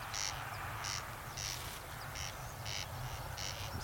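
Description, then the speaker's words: Corncrake rasping call: harsh, dry notes repeated about every two-thirds of a second over low rumbling background noise. Wild males on Tiree, Inner Hebrides, calling back and forth in a near duet, competing to say keep away from their territory while also seeking females. "that, but there is very definitely a corncrake."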